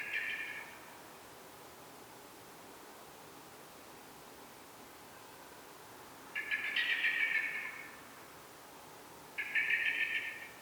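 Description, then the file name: Common blackbird chattering call heard in three separate bursts of fast, scratchy notes, the later two louder and longer, with quiet gaps between. "Turdus merula"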